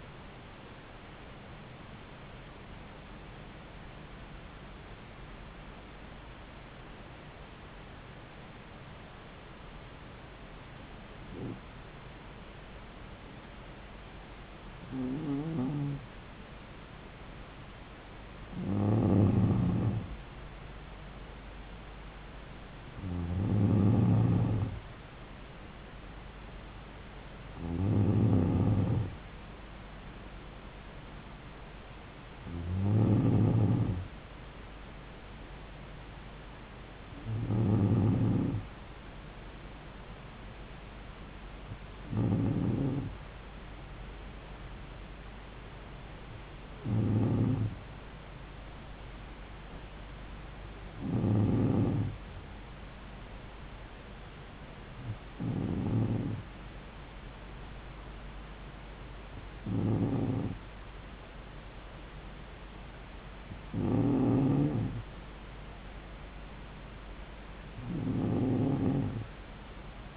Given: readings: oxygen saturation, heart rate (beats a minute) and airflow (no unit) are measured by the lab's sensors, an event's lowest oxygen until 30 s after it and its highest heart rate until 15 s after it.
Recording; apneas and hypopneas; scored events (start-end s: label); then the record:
breathing in sleep by a voice recorder at the bedside; 1
4.00-21.80 s: hypopnea (N2, oxygen 95% highest, then 92% lowest)
From the record:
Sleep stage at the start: N2 (light sleep); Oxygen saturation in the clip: 92 to 95%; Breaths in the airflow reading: 16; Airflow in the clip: -4.1 to 4.2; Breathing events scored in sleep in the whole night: 270 in 6.1 hours asleep